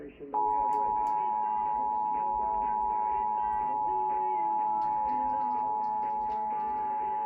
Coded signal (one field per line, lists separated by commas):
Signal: Emergency Alert System (SAME) tones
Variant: 853 and 960 Hz attention tone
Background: speech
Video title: Eas FLW on KUHT 8.3 Eas#1280